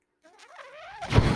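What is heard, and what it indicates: Breath cycle of a person's own mechanical ventilator: a soft whirring tone that slowly rises in pitch, then swells into a louder low-pitched rushing of air.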